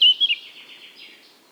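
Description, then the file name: Eurasian blackcap: a few clear whistled notes followed by a soft, fading scratchy warble. "Sylvia atricapilla"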